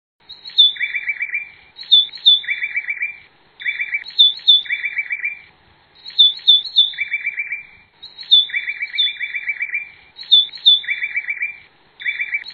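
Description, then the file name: White-breasted wood wren song: high whistled notes followed by a rapid buzzy trill lower down, the phrase repeated several times with short pauses in a clean, quiet background. "canto do uirapuru De Peito Branco"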